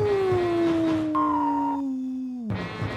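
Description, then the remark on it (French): Wolves howling in long, drawn-out tones that slowly slide downward in pitch, with a second, higher howl briefly overlapping before the calls fade and a new one rises at the end. “C'est chant des loups.”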